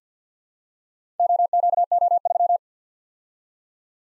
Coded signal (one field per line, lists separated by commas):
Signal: Morse code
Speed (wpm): 52 wpm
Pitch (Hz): 700 Hz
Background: none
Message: OQO3